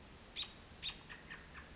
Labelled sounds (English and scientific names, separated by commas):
American Robin (Turdus migratorius)